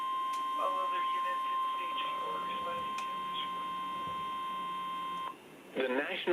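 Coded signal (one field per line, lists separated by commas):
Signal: Emergency Alert System (SAME) tones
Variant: 1050 Hz attention tone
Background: speech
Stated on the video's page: Siren activation tones heard on a scanner; Saint Louis County sirens are automatically activated via POCSAG from RapidWarn, with zoned activation.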